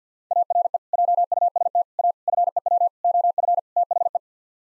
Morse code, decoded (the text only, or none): ARE JUST A FEW OF THE